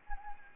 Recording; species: mosquito wingbeat signal from an infrared sensor; Anopheles arabiensis